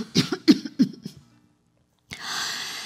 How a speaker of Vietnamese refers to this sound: Bà ngừng lại, ho mấy tiếng rồi tiếp.